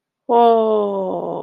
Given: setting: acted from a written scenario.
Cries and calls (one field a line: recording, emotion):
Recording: vocal sound without words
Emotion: serenity